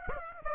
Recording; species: mosquito wingbeat signal from an infrared sensor; Aedes aegypti